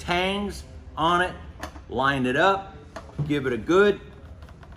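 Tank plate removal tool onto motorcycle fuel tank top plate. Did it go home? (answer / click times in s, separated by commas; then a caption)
no / none. Someone talks while lining up a Snap-on style tank top plate removal tool with four tangs on a motorcycle fuel tank top plate, ready to push it down. A few faint, short handling taps come near the end, around 4.4 to 4.7 seconds. Nothing has seated or clicked yet.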